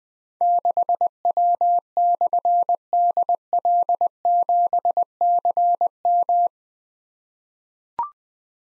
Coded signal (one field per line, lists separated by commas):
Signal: Morse code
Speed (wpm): 20 wpm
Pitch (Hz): 700 Hz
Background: none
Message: 6W/DL7CM